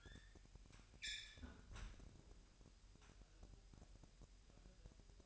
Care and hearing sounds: daily activity, microphone in the room; close fridge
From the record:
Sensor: 2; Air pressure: 1001.8 hPa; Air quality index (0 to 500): 242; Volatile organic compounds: 33 ppm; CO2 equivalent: 3013 ppm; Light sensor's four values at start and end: 9/28/11/10 and 9/28/11/10

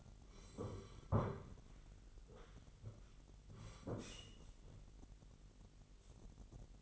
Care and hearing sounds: daily activity, microphone in the room; sit down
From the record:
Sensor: 4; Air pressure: 999.3 hPa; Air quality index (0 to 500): 114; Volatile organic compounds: 2 ppm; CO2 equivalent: 1126 ppm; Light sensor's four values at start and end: 13/31/12/13 and 13/31/13/14

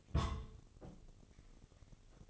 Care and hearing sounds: daily activity, microphone in the room; place on stove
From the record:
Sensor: 4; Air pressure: 996.2 hPa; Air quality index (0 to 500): 75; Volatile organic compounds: 3 ppm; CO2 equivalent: 1400 ppm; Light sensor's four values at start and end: 18/50/19/20 and 18/50/19/20

